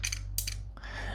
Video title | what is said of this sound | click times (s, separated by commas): The Ultimate EDC Knife? NexTool Explorer E20 | And that feels pretty good as well. And everything just snaps into place nicely. | 0.4 s